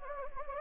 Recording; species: mosquito wingbeat signal from an infrared sensor; Anopheles gambiae